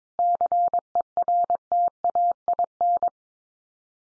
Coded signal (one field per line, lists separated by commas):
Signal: Morse code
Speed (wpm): 22 wpm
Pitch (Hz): 700 Hz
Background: none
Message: CERTAIN